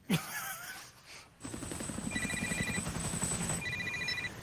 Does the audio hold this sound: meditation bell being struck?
no